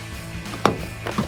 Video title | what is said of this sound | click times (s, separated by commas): 2019-2024 RAM 1500 OE Rebel Style LED Tail Light Review & Install | Hold on. There you go. Hear that click? | 0.7 s